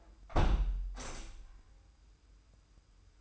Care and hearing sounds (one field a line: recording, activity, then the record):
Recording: daily activity, microphone in the room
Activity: close window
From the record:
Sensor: 2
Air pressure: 990.2 hPa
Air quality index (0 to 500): 195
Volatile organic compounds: 1000 ppm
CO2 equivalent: 6205 ppm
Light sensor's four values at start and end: 23/55/22/22 and 24/56/22/22